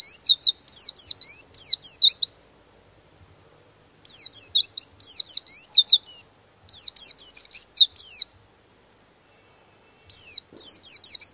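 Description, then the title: Bird song in loud bursts of sharp, steeply falling chirps, the phrases about two seconds long and separated by quiet gaps. Master recording used for training songbirds. "Master Burung Jos"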